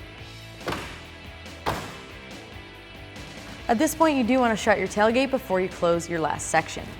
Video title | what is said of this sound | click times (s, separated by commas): Tacoma BAK Industries BAKFlip FiberMax Tri-Fold Tonneau Cover (2016-2019) Review & Install | You should hear each section click as it locks in. | 0.7 s